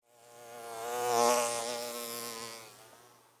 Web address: Blastwave. Bee, Fly, By, Wings, Buzz, Insect, Bug